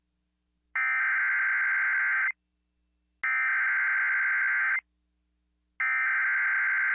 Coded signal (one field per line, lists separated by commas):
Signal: Emergency Alert System (SAME) tones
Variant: header bursts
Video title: EAS Flash flood warning on Supertalk 92.9 WFHG-FM #easalert